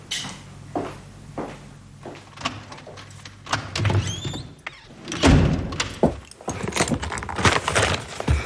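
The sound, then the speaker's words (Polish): Keys jangle and clink in a burst of metallic rattles as the key to room 1035 is handed over, mixed with scattered handling knocks and rustles; no one speaks. “Poproszę klucz od 1035.”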